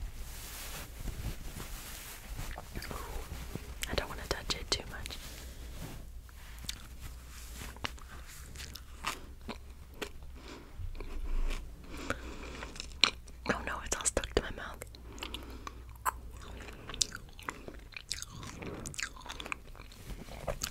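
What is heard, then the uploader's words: Squishy mouth sounds of someone eating soft candy, with wet clicks and smacks arriving irregularly every fraction of a second throughout. A low steady hum sits underneath, and a few louder chewing bursts stand out around the middle. ASMR Eating Easter Candy squishy mouth sounds.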